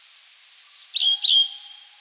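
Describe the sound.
European pied flycatcher singing one short phrase of high, clear slurred whistles that drop and then level off, against faint background noise.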